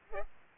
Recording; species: mosquito wingbeat signal from an infrared sensor; Culex pipiens